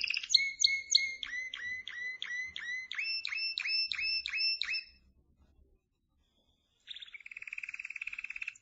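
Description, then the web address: Canary song: a sharp, rapidly repeated trill for about five seconds, a two-second silence, then a harsher buzzy rolling trill. "honarfardi new 1 Canary Sound 4"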